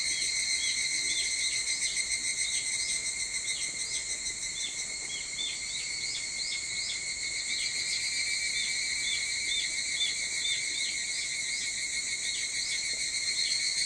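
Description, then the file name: Evening cicada song, a dense shrill ringing with repeated short chirps throughout. Recorded 22 July 2023 at 04:40. "higurashi 230722 0440"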